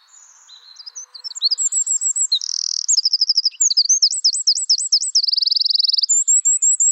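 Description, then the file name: Eurasian wren song starting softly and swelling into a loud, rapid stream of high trills, buzzy rattles and wavering whistled notes. "Troglodytes troglodytes"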